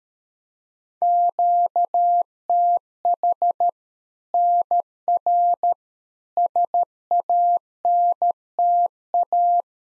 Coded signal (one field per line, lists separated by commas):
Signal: Morse code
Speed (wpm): 13 wpm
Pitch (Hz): 700 Hz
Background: none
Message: QTH NR SANTA